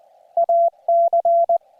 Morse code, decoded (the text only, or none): AC